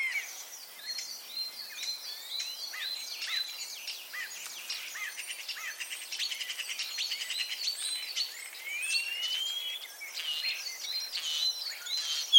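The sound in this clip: Common starling chatter of clicks, ticks and varied short whistles, with a long rising slurred whistle partway through.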